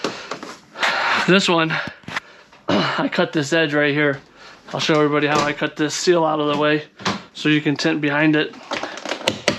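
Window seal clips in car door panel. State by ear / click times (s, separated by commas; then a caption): released / 9.3 s, 9.5 s. Someone talks while pulling back the door panel of a 2007 Lincoln MKZ and pulling the rubber window seal out of its retaining clips so the window can be tinted behind it. Two sharp pops are heard at 9.3 and 9.5 seconds as the clips release and the seal comes free.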